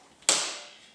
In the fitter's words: You can hear that click.